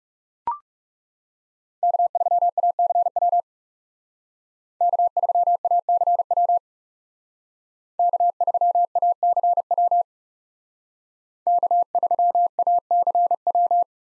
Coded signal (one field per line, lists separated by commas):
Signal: Morse code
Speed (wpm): 38 wpm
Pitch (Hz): 700 Hz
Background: none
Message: K3ACW K3ACW K3ACW K3ACW